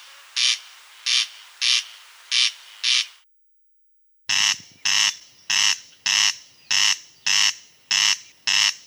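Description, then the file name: Corn crake giving dry rasping crex notes in a regular series, five calls, a brief silent gap, then eight more at the same steady pace. "Golosa ptic - Korostel"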